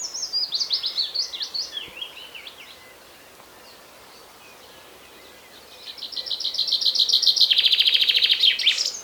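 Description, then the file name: Common Chaffinch song, opening with a tumbling run of high notes that falls away, then after a quiet gap a loud, rapid trill that swells. "Fringilla coelebs"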